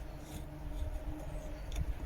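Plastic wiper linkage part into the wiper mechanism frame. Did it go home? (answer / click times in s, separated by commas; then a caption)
no / none. A plastic part of a Ford C-Max windshield wiper linkage is handled against the wiper mechanism frame, with soft, low rustling and scraping and one brief faint tick near 1.8 seconds. The clip ends before the part is locked in, so nothing has seated or clicked yet.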